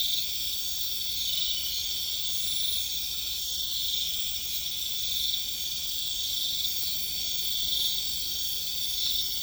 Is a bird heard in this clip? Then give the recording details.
no. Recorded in pastures near Puerto Asís, Putumayo, Colombia, on 26 December 2024 at 20:30. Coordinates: 0.472, -76.329. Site G072